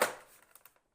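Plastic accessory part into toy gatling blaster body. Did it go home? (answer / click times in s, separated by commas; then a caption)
no / none. A plastic accessory part is pushed into the body of a plastic toy gatling blaster, where it is meant to fit. A loud plastic knock at the start fades out, followed by a few faint, short ticks and scrapes and a brief tap at the very end. The clip does not catch, so the part will not go in, and nothing has clicked or seated.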